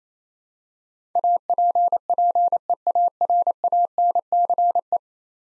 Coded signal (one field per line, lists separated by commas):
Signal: Morse code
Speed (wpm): 27 wpm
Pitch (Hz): 700 Hz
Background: none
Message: APPEARANCE